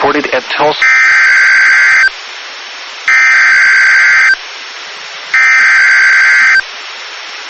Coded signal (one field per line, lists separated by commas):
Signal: Emergency Alert System (SAME) tones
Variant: header bursts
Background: speech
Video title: EAS #1,945 Online NOAA Weather Radio Severe T’storm Warning #10 5/19/25